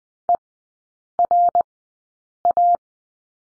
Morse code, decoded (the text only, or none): ERA